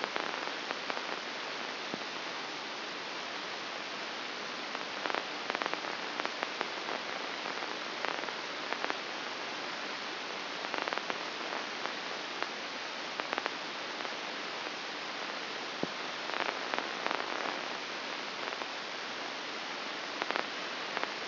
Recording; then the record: brain microelectrode recording played as sound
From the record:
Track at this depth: outside the subthalamic nucleus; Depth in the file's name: 6.661 mm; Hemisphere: left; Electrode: 2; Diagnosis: Parkinson's disease